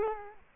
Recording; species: mosquito wingbeat signal from an infrared sensor; Culex quinquefasciatus